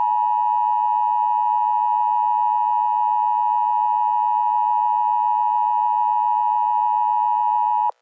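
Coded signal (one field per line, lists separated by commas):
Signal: Emergency Alert System (SAME) tones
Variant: 853 and 960 Hz attention tone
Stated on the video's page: Simulated EAS scenario tones for a fictional Georgia weather disaster.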